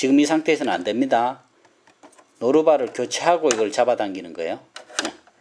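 Someone talks while handling the dual (walking) feed lever on the head of an Elna Excellence 740 semi-industrial quilting sewing machine; the lever is pulled after the presser foot is changed to the large dual feed foot. A few faint, brief knocks are heard between the phrases, with a sharper tap near the end. Nothing has clicked into place or seated yet.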